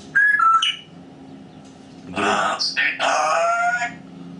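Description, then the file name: Grey parrot whistling brief clear notes, then after a pause producing a burst of mixed speech-like and whistled sounds. Grey parrot named Grig, talking. "a vot eto razgovarivaet odna pernataya skotina po imeni grig"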